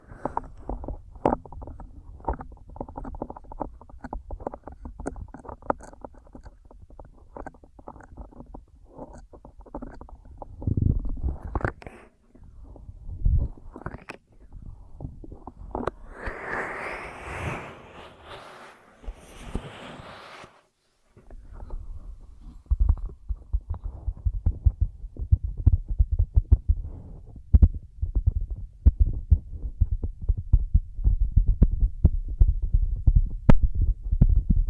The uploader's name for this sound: Ear Massage, Cleaning